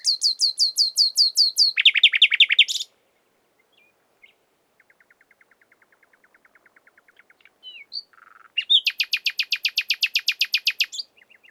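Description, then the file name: Common nightingale song: a rapid series of high notes sliding into a trill, a quiet soft rattle, then a long, loud, fast-repeated note series. "Luscinia megarhynchos"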